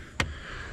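A rear seat release latch on the second side of a 2019 RAM 1500 Limited pickup truck's rear seat is worked open. A sharp, short metallic click sounds at 0.2 seconds over a low background hum. The latch releases.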